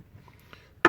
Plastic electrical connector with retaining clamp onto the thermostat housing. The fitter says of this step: until it clicks.